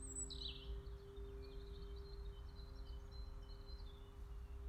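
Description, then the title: Bird calls: a quick descending note at the start, then thin, faint high notes over a constant low droning hum. Birds in a forest, 18 March 2020. "voegel im wald eine maus und ein motorrad"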